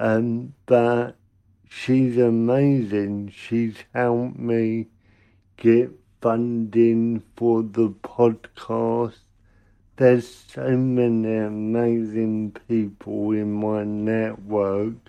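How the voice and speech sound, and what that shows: A man with cerebral palsy speaks in short bursts split by frequent pauses, with drawn-out sounds, nasal vowels and weakly voiced consonants, though his words stay clear. This fits mild dysarthria, a motor speech difficulty linked to his cerebral palsy.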